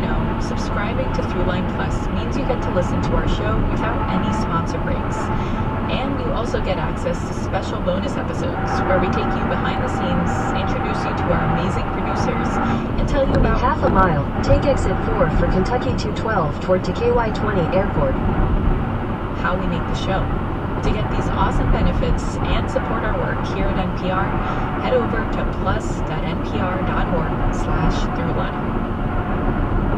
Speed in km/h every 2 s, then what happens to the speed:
119, 119, 119, 119, 121, 119, 121, 118, 118, 119, 118, 118, 114, 113, 111.
0-22 steady at about 119. 22-30 slows to 111.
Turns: none.